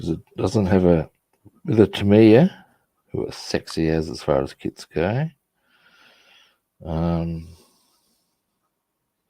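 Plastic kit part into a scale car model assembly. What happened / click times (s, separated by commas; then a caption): Handled, not yet home: no seating click from the plastic model part / none. A plastic part is handled during assembly of a Hasegawa 1/24 scale Advan Corolla Levin plastic car model kit, about to be pressed into its mating location, with a faint click expected. Someone talks in bursts throughout, with quiet handling noise in the pauses. Nothing has seated or clicked yet.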